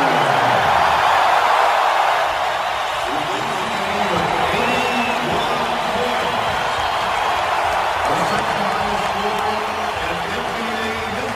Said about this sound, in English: And Kobe will be replacing. Listen to this crowd for number 80, Kobe Bryant.